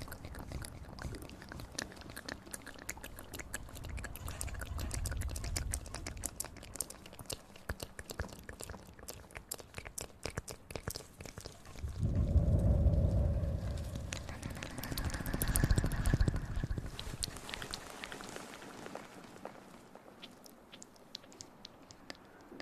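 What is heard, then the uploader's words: Mouth sounds and breathing: a dense run of small wet clicks and smacks continues throughout. Soft low breaths swell around 3–6 seconds, with a stronger, louder breath near 12–14 seconds and another fuller passage around 15–17 seconds before things thin out. Mouth Sounds & Breathing.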